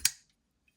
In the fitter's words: it's the only other knife that has kind of like a double click to it